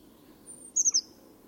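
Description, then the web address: Bird call: a brief burst of three sharp, very high notes, with a faint thin whistle just before it. "cianscape. Deverinetal 2025. Bird Only"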